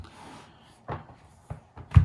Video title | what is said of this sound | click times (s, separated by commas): Unboxing: iPad Pro (2020) Space Grey with Accessories | and there we go. Clicks right in. | 1.9 s